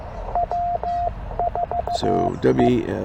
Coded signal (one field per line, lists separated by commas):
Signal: Morse code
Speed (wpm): 15 wpm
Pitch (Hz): 700 Hz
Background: speech, radio noise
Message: W4E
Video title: Parks on the Air in CW - K-2943 10 May